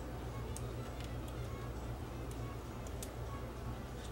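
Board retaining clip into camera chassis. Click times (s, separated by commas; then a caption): 0.6 s, 3.0 s. Plastic retaining clips are pressed shut over a circuit board inside an ENG camera to hold the board in place in the camera chassis. Two sharp snaps are heard at 0.6 s and 3.0 s over a steady low hum, and the clips are seated.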